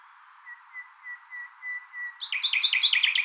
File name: Luscinia megarhynchos